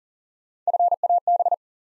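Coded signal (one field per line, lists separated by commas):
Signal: Morse code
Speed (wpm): 38 wpm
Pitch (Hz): 700 Hz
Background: none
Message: FAB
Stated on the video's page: Morse practice drill at 40 wpm building 6-letter words three letters at a time, for instant character recognition.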